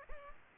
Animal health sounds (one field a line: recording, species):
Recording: mosquito wingbeat signal from an infrared sensor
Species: Culex pipiens